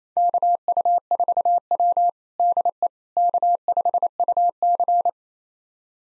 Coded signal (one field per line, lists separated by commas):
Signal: Morse code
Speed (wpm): 28 wpm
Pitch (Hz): 700 Hz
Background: none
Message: KU4W DE K5UC